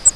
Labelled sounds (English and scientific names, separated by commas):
Grace's Warbler (Setophaga graciae) flight call